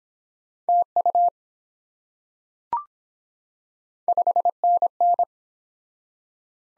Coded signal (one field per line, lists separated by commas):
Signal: Morse code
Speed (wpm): 23 wpm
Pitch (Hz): 700 Hz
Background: none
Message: TU 5NN